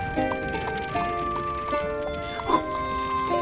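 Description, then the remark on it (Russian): Donkey hooves clop in a steady, even rhythm as an empty cart is pulled along, the light knocks repeating over a constant sustained tonal hum. “Бабка, Тихон и ослик уходят”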